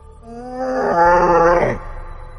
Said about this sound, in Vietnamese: Quái vật kia gào rống lên, bịt mắt bước lùi về sau.